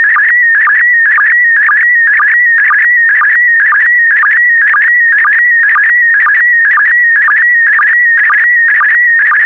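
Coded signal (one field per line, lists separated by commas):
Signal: SSTV (slow-scan television)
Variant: PD120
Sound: warbling, buzzy tone sweeping rapidly around 2 kHz, with a regular low blip twice a second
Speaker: the next image transmission will start in 10 seconds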